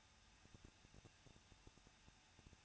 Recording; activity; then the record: daily activity, microphone in the room; no activity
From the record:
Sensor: 2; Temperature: 21.0 degrees Celsius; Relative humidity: 37.4%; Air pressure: 1006.1 hPa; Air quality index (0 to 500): 222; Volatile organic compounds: 24 ppm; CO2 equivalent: 2810 ppm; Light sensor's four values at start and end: 2/3/2/2 and 2/3/2/2